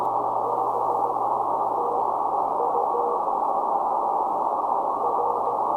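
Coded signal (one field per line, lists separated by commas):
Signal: Morse code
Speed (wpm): 16 wpm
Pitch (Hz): 480 Hz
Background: none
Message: BTU R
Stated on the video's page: CW sent on an MFJ 9200 transceiver.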